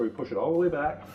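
Someone talks over background music while a plastic slide rail for a Whirlpool refrigerator's freezer drawer is slid in from the front and pushed all the way back into the freezer compartment. Nothing has seated or clicked yet, as the clip ends before the rail locks into place.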